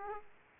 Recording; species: mosquito wingbeat signal from an infrared sensor; Aedes aegypti